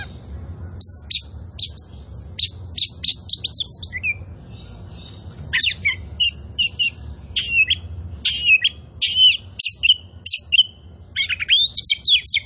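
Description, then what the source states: Oriental magpie-robin singing a rich run of whistled, rising and falling notes mixed with buzzy chirps in quick bursts, over a steady low hum. Oriental magpie-robin of the kind called 'kacer poci' in Indonesian, described as 'gacor', singing actively and persistently.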